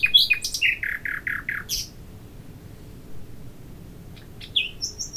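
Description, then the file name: Common nightingale song opening with fast descending repeated notes, a long pause, then a sharp high note and thin high whistles. "Luscinia megarhynchos"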